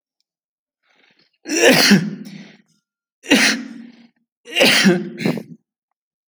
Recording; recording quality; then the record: heavy voluntary cough; excellent, no background noise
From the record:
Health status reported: healthy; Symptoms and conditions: none ticked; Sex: male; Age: 25 years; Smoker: yes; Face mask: not worn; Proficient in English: yes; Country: India